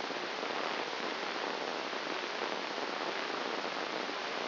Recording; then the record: brain microelectrode recording played as sound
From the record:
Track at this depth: inside the subthalamic nucleus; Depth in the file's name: 3.902 mm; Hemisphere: left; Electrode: 2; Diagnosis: Parkinson's disease